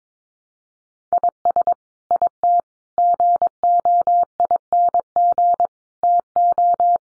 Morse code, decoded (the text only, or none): IS IT GOING TO